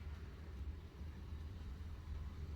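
A plastic safety eye washer is lined up over the safety eye post on a crocheted head of a Kuromi doll before being pushed home. Only a steady low rumble is heard. Nothing has seated or clicked yet.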